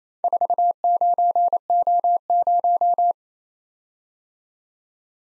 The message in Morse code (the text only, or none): 49O0